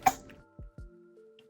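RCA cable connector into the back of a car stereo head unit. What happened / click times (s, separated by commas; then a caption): The plastic cable connector clicked into its socket / 0.1 s. An RCA cable's plastic connector is pressed firmly into its socket on the back of an aftermarket Android head unit (Dudu4) being prepared for a Jeep JK. It locks in with one strong, sharp click at 0.07 s. A few quieter knocks and faint tones follow, and the connector is seated.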